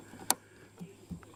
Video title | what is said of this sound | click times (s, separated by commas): GASLAND G3 Max Water Heater Meet Your New Camping Essential | Plug it in. You'll hear it click. | 0.3 s